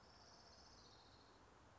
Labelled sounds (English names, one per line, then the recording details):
Orange-crowned Warbler
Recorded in Sonoma County, California